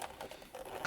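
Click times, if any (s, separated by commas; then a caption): 0.8 s. A flat flex cable is inserted into its connector on the circuit board of a Hitachi VK-C1600E video camera, and the connector's latch is pressed closed. Faint handling taps come at about 0.2 and 0.6 s, then a sharper click at 0.9 s. The latch clicks shut and the cable is seated.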